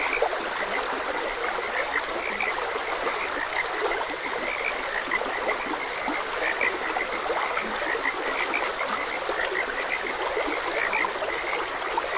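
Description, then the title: Frogs croaking persistently in short bursts throughout, accompanied by the unbroken sound of a flowing, trickling stream. Frogs croaking beside a gentle stream. "Gentle Stream and Frogs Croaking"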